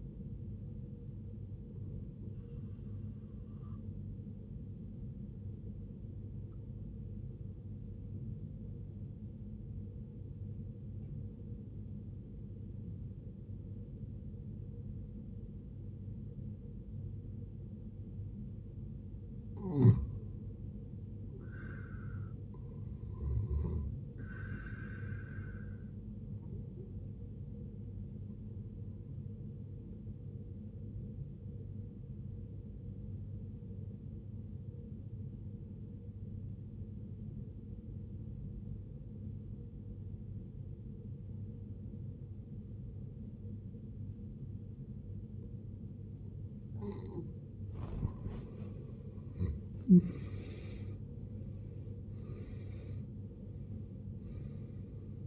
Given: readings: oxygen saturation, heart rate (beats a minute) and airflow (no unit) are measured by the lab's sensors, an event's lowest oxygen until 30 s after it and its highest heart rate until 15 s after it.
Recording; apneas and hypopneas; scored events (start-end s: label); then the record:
breathing in sleep by a smartphone at the bedside; 2
8.00-20.90 s: obstructive apnea (N1, oxygen 95% highest, then 86% lowest, heart rate 65 at the start, 72 highest)
22.00-52.00 s: new sleep stage, N2 (light sleep)
35.00-50.40 s: obstructive apnea (N2, oxygen 92% highest, then 79% lowest, heart rate 65 at the start, 74 highest)
52.00-55.27 s: new sleep stage, N1 (lightest sleep)
From the record:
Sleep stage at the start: N1 (lightest sleep); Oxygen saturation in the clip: 76 to 95%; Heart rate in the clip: 49 to 74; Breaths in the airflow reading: 6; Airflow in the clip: -18.7 to 17.0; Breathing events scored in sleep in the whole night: 389 in 6.3 hours asleep